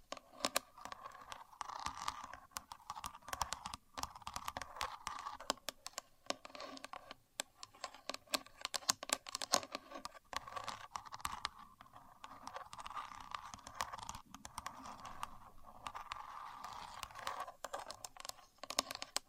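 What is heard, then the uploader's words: Steady rapid clicking and tapping from a contour gauge, its pins rattling in dense, irregular bursts throughout. Sharp ticks stand out now and then, over a continuous midrange rustle with a few brief quieter gaps, with no voices present. Using A Contour Gauge (No Talking).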